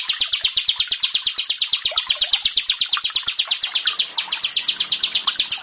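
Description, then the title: Prinia song, a rapid, scratchy series of high chirps running without pause from start to finish. "Ciblek Sawah"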